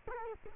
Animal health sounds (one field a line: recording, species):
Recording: mosquito wingbeat signal from an infrared sensor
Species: Culex quinquefasciatus